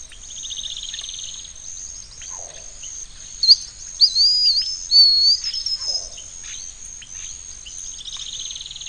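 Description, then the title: Bird singing a few looping whistled phrases midway, between buzzy rasping bursts, over a constant high-pitched hum. "LuckyPassaro Completos2Sama"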